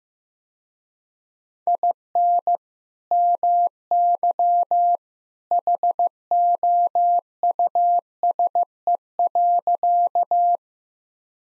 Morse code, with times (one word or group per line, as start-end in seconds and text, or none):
1.7-2.6 IN
3.1-5.0 MY
5.5-10.6 HOUSE.